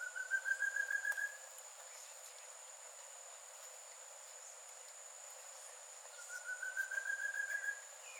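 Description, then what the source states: Thicket antpitta giving two songs, each a quick run of pure whistled notes gently rising, one at the start and another near the end, with a constant high-pitched insect hum behind. Recorded on 22 July 2017; eight songs captured.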